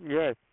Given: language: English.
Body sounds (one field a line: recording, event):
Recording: throat vibration sensor signal played as sound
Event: speech